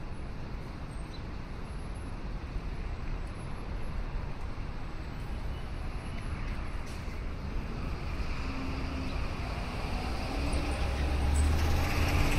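A steady wash of city traffic fills the morning walk along the river, a dense low rumble with a constant hiss above it. Toward the end a vehicle draws closer, swelling louder with a deep engine drone over the last few seconds.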